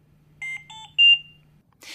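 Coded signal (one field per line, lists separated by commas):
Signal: alarm pattern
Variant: Philips Trilogy100 ventilator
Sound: three short rising electronic beeps in quick succession over a low hum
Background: low electrical hum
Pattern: 3 short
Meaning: Medium priority alarm: requires prompt attention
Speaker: this is a medium priority alarm you hear three beeps in a repeating pattern and the audio pause button flashes yellow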